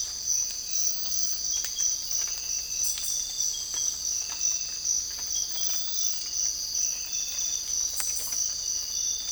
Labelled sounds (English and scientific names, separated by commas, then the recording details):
none
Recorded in dense forest near Puerto Asís, Putumayo, Colombia, on 22 December 2024 at 05:00
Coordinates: 0.485, -76.318
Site GP03